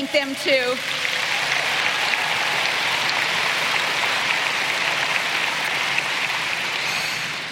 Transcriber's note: applause